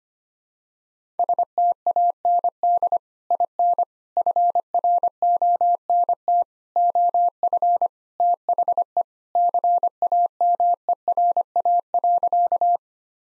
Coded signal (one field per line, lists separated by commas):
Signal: Morse code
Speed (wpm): 25 wpm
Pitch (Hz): 700 Hz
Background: none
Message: STAND IN FRONT OF THE CAMERA.